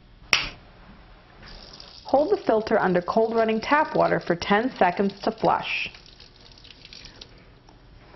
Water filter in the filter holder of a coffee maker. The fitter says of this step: you will hear a snap indicating the filter is in place